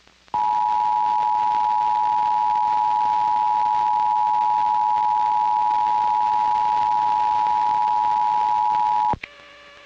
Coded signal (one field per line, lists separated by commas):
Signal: Emergency Alert System (SAME) tones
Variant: 853 and 960 Hz attention tone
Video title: [EAS] WYMY "La Ley 101.1" - Flash Flood Warning Activation - 8/8/2024